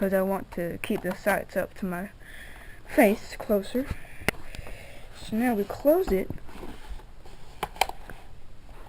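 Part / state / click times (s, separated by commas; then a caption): folding metal stock into its lock on an airsoft gun receiver / seated / 7.6 s, 7.8 s. Someone talks while the folding metal stock of an AGM MP40 airsoft submachine gun replica is swung closed against the receiver, folded away to keep the sights closer to the face. Sharp clicks at 7.6 s and 7.8 s mark the stock locking into its folded position.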